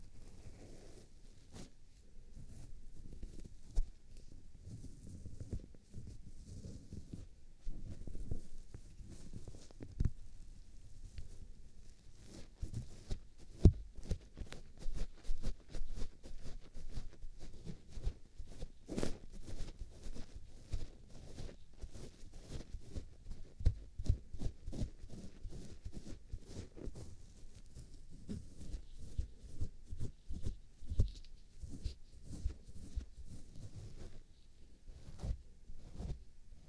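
Ear cleaning and massaging, heard as dense, irregular rubbing and crackling with sharp clicks and pops scattered throughout. The scratching comes in quick bursts with short pauses, busiest from about 13 to 35 seconds, over a low, muffled rumble.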